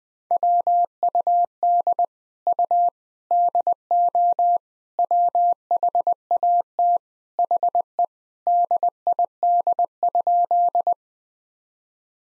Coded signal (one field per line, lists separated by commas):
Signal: Morse code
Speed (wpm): 20 wpm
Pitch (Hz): 700 Hz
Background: none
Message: WUD U DO WHAT HE DID?